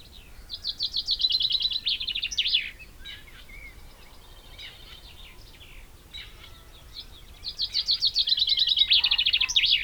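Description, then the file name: Common chaffinch song: a descending rattle of rapid trill notes ending in a flourish, sung twice about seven seconds apart, with fainter bird calls in between. "Fringilla coelebs"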